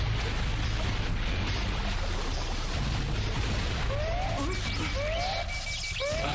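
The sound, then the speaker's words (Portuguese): A steady, loud boat engine drone with deep rumbling tones over a constant wash of water noise, with a few short rising chirps near the end. “Motores.”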